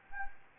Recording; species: mosquito wingbeat signal from an infrared sensor; Anopheles gambiae